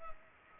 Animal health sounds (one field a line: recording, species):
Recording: mosquito wingbeat signal from an infrared sensor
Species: Culex pipiens